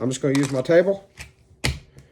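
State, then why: Seated. Someone talks, then a Taser Pulse handheld less-lethal launcher is pressed down onto a replacement plastic cartridge resting on a flat table until the cartridge locks in. A faint tick comes at 1.2 s, and a sharp, loud click at 1.7 s marks the cartridge seating in the device.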